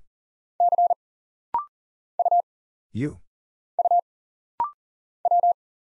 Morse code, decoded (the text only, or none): C U U W